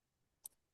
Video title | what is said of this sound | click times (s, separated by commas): Beyond Smell: Finding Pleasure, Identity, and Ritual in Food and Fragrance - Webinar Recording | and you hear a pop. | 0.5 s